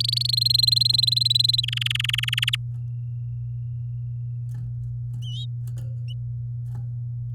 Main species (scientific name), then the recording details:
Serinus canaria. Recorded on 9 May 2018 at 08:55. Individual llb16